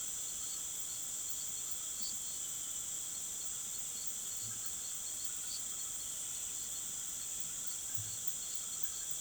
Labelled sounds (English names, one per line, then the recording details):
none
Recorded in pastures near Puerto Asís, Putumayo, Colombia, on 25 June 2025 at 18:30
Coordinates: 0.487, -76.322
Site H26